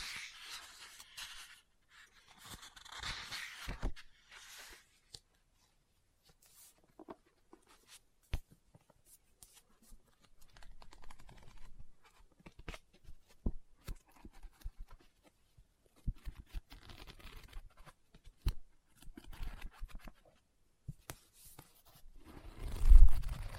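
Light taps and scratching on a book, with dry rustles of paper that sound like pages being turned. The sounds come in sparse, irregular clusters with short silences between, mostly soft, and a sharper, louder handling noise near the end.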